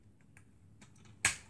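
A small plastic battery compartment cover is pushed back onto the handle of a cordless hot glue gun after four batteries are loaded. A few faint ticks and taps lead up to one loud, sharp snap at 1.2 s as the cover fits simply into place and is seated.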